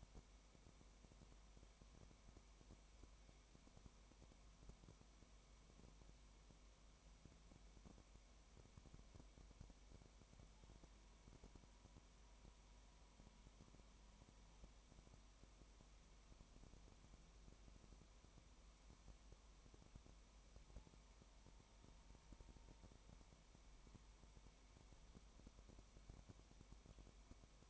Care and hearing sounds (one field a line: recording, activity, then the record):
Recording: daily activity, microphone in the room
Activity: no activity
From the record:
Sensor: 1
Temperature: 19.1 degrees Celsius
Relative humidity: 34.1%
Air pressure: 1001.3 hPa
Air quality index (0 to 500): 83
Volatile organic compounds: 1 ppm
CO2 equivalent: 829 ppm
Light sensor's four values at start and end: 1/2/1/1 and 1/2/1/1